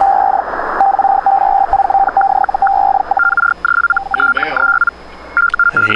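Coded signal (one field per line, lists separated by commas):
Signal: Hellschreiber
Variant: Feld Hell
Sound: rapidly stuttering narrow buzzing tone, then a second higher stuttering tone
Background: radio static, brief voice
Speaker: Also calling him new mail and he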